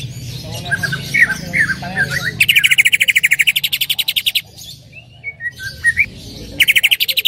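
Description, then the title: Greater green leafbird giving slurred chirps, then long rapid buzzy trills that rise slightly, broken by a short pause and a few whistled notes. Female calling to a male; described as calling very actively and persistently (gacor hiper). "CUCAK IJO BETINA GACOR HIPER MEMANGGIL JANTAN"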